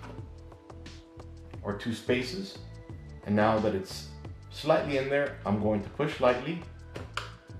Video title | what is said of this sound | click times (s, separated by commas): AMD RX 5500 XT - How To install the AMD Sapphire Radeon PULSE RX 5500 XT Graphics Card | and you hear it a little click that little click is that little lever pulling up | 7.2 s